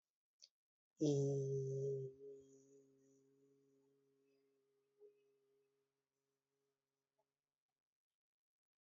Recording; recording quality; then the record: sustained vowel as in beet; poor, much background noise or distortion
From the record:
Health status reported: healthy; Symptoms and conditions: none ticked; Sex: male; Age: 23 years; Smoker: not ticked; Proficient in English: yes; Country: India